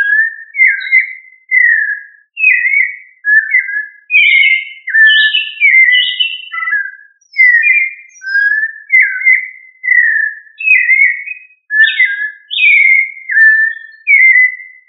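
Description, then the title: Thrush singing a long run of varied whistled phrases, each about half a second, repeated roughly once a second, mixing lower falling whistles with higher warbled notes. "Familia Turdidae - Sabia"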